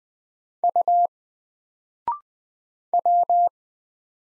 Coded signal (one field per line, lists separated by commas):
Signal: Morse code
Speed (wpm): 20 wpm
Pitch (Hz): 700 Hz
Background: none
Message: U W